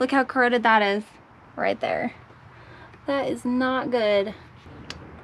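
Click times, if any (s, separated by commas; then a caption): 4.9 s. A spark plug wire boot is pushed onto the spark plug terminal of a 5.0 V8 engine, and it pops on. Someone talks for most of the clip, then a short, sharp pop is heard at 4.9 s as the boot seats on the plug.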